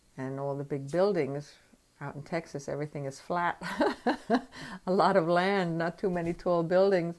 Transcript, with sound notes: and all the big buildings. Out in Texas everything is flat. [laughs] A lot of land, not too many tall buildings.